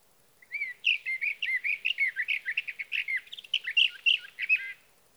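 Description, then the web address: Sage thrasher song: an unbroken, rapid warbling phrase of mixed whistles and trills lasting about four seconds, background silent. "birdsongforthecurious Sage Thrasher"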